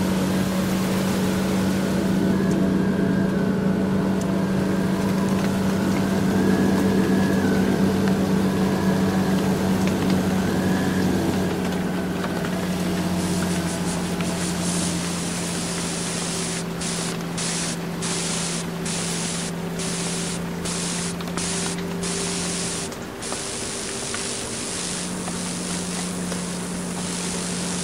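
A truck cruising at fifty miles per hour drones steadily with a low engine hum and road rush, easing slightly after twelve seconds.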